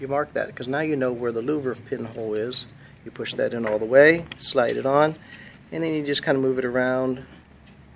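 Someone talks while a replacement air-vent louver is pushed all the way in, slid onto its pivot in the dashboard vent, and moved around to find its place. The clip ends before the louver snaps on; nothing has clicked or seated yet.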